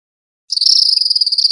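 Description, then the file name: Tropical kingbird twittering call, a rapid stuttering trill of high, thin notes lasting about a second, with no other sounds. Recorded in Costa Rica. "CR TRKI"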